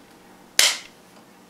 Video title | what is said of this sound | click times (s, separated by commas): Ruger 22/45 Mark 3 take down | that's all it takes she snapped back in place now | 0.6 s